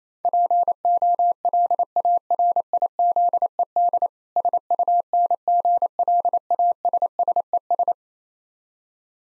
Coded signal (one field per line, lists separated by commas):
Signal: Morse code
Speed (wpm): 27 wpm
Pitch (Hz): 700 Hz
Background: none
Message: POLARIZED SUNGLASSES